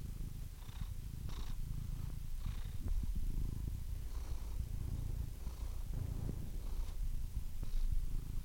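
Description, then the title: Domestic cat purr, low throbbing rumble broken at intervals by faint breathy sounds. "The Ultimate Compilation of Adorable Cat Meows"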